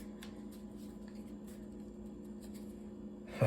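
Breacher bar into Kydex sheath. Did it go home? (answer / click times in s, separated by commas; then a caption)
no / none. With the retention hardware removed, a steel breacher bar is pushed into a molded Kydex sheath, and only two soft taps are heard, at about 0.2 s and 1.1 s, over a steady low hum. The bar sits solid, but nothing has clicked or latched. Someone talks briefly at the end.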